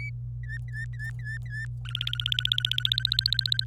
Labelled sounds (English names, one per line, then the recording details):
Domestic Canary song
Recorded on 25 April 2018 at 16:38
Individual llb3